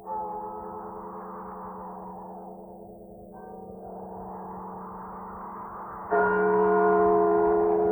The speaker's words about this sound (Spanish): La noche de difuntos me despertó a no sé qué hora, el doble de las campanas. Su tañido, monótono y eterno, me trajo a las mientes esta tradición que oí hace poco en Soria.